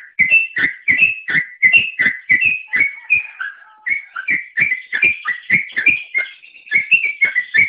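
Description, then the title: Oriental magpie-robin song: loud whistled two-note phrases repeated rapidly, the notes slurring between higher and lower pitches, with a brief softer pause midway. "Kicau Kacer"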